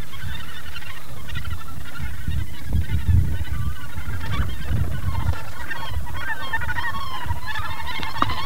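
Northern gannets calling in a dense chorus of rasping, croaking notes over a deep background rumble.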